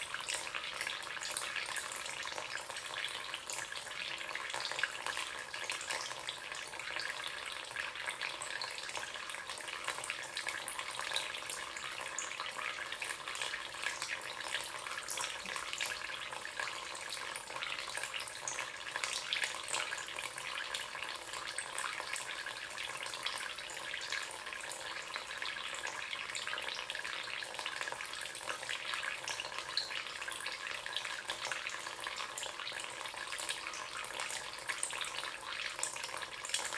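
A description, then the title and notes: Water runs and patters steadily onto a washcloth, a dense, even hiss of fine splashes that holds at one level for the whole stretch. The sound is bright, with no low rumble, and brief crackling flecks scattered throughout. ASMR Water Dripping on Washcloth.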